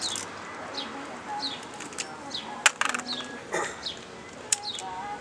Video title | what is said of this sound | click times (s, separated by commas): HONDA ACCORD (9TH GEN) TIRE REPLACEMENT | hear click click | 2.7 s, 2.8 s